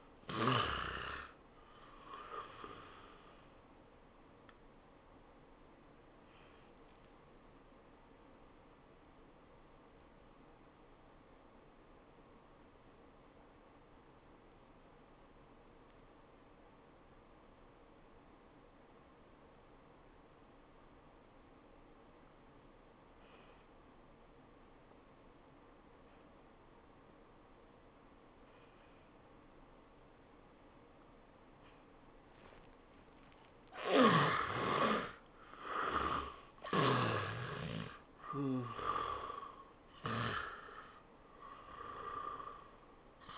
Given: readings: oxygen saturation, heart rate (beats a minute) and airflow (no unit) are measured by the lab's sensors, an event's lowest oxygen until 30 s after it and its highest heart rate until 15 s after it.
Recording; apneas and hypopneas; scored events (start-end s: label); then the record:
breathing in sleep by a voice recorder at the bedside; 1
9.00-33.80 s: obstructive apnea (N1, oxygen 95% highest, then 78% lowest, heart rate 81 at the start, 96 highest)
From the record:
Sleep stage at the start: N1 (lightest sleep); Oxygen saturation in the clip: 79 to 95%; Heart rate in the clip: 74 to 96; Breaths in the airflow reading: 5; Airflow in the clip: -14.9 to 12.6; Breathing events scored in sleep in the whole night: 403 in 5.5 hours asleep